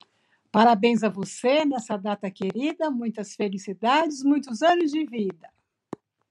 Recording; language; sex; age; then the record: short text; Brazilian Portuguese; female; 60 to 69 years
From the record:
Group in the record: control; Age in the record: 66 years